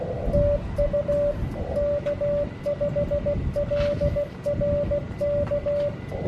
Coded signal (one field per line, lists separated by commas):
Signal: Morse code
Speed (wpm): 16 wpm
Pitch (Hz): 580 Hz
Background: radio noise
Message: TU K5LRK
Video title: Winter Field Day 2022 - Ep. 60